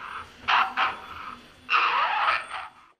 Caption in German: Ein Kurzfilm, Der Mann, der hustet, von 1969. Der Mann sitzt mit dem Rücken zur Wand in einem Zimmer. Das Husten könnte plötzlich auch ein Würgen sein, ein sich übergeben oder doch ein Husten.